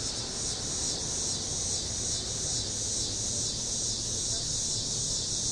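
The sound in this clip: Cicadas producing a continuous high, hissing drone, steady throughout.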